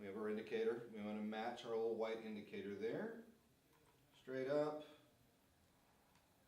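Someone talks while a gimbal camera is lined up with its white indicator and pushed straight up onto the quick-release mount of a DJI Inspire 1 drone, with speech filling most of the clip and a short burst near 4.3 s. This is the alignment before the locking turn, and nothing has clicked or locked yet.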